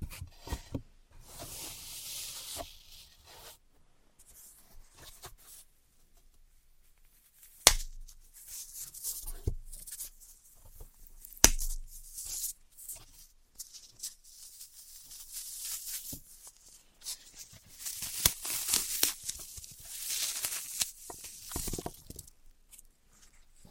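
Floral foam being handled, with dry crunchy crumbling and scraping that comes in irregular bursts of bright, gritty crackle. Two sharp knocks land at about 7.5 and 11.5 seconds, and short quiet gaps separate the crushing passages, which grow busier toward the end.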